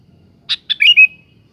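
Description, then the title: Sooty-headed bulbul singing one brief phrase, a pair of clipped notes leading into a fluty whistle. "Kutilang"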